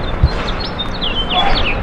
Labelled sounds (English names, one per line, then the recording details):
House Finch song
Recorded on Long Island, New York, on 17 May 2012
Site LB
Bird A